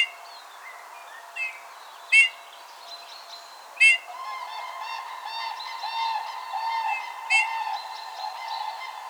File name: Pyrrhula pyrrhula